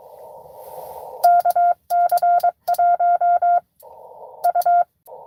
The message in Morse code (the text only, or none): KC1U